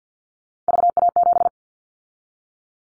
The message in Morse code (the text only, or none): VA7